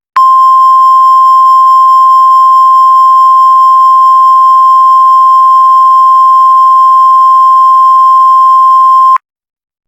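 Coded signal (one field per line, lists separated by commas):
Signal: Emergency Alert System (SAME) tones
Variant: 1050 Hz attention tone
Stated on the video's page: Mock special marine warning using valid, real EAS tones.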